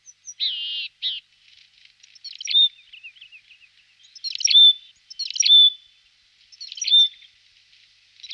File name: Golosa ptic - Serogolovaya gaichka Poecile cinctus